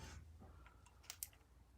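On a 2011 Ford Edge, the second rear brake caliper slide pin is pushed back into its bore in the caliper bracket until the rubber boot snaps over the pin. Faint ticks and a sharper tick at 1.1 s lead up to a bright, loud snap at 1.2 s over a low background rumble. The boot is confirmed seated over the pin.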